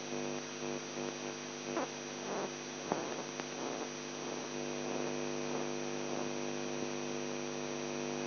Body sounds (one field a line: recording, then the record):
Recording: brain microelectrode recording played as sound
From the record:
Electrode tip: outside the subthalamic nucleus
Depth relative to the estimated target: -6 mm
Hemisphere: left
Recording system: AlphaMap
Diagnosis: Parkinson's disease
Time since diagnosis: 11 years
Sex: male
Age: 42 years